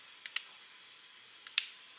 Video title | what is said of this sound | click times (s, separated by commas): Best DRMTLGY SPF & Eye Products #over50 | you can actually turn it off turn it on just with a little click | 0.4 s, 1.6 s